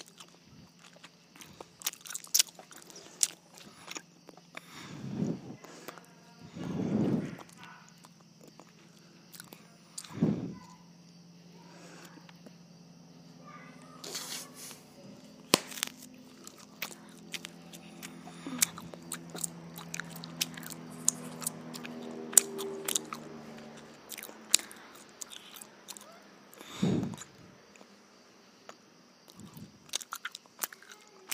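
Gum chewing with wet, sticky clicks and snaps scattered throughout, plus a few louder low thumps around 5, 7, 10 and 27 seconds. A steady low hum and a faint high whine run underneath, and a wavering tone rises and falls between 15 and 25 seconds.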